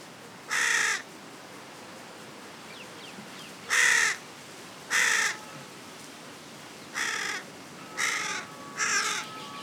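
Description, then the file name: Carrion crow uttering a series of harsh, grating caws, the last three evenly spaced, while a faint thin whistle sounds in the background. "Corvus corone"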